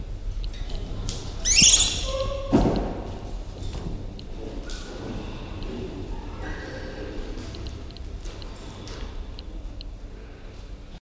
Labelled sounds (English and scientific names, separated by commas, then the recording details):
Northern Plains Gray Langur (Semnopithecus entellus) call
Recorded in captivity
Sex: female
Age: adult
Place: Zoo Dresden, Sachsen, DE
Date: 1971-01-16
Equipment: Uher 4200 Report Stereo, z. T. mit Tesla-Verstärker, Sennheiser MD 421
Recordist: Tembrock, Günter
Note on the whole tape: Hulman oder Hanuman: Weibchen Lautfolgen kurz auch ein Junges zu hören. Siehe auch Aufnahme Nr. 4 und Nr. 7. auf S1303. Abstand ca. 2 m. Beobachter allein ohne Tierpfleger. Aufnahmen auf diesem Band von 9.30 - 11.30 Uhr